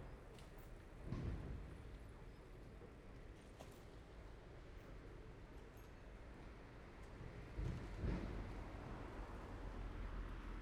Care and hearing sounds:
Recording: everyday scene through a hearing-aid microphone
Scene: in traffic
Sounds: traffic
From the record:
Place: main road on the outskirts, rush hour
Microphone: behind the ear, left, front

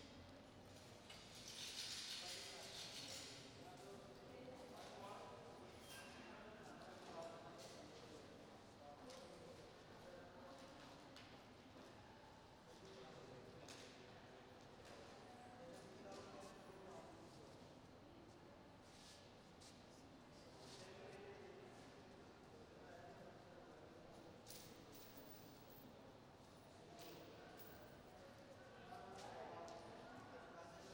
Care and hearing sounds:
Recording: everyday scene through a hearing-aid microphone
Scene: reverberant space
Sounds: background noise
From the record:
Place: railway station hall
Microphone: in the ear canal, right

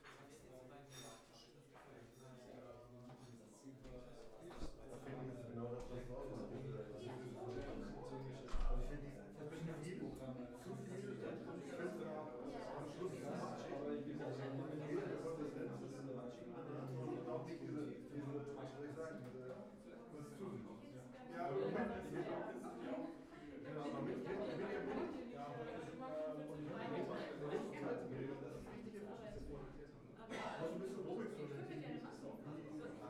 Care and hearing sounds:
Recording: everyday scene through a hearing-aid microphone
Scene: many people talking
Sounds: many voices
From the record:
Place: bistro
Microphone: behind the ear, left, front

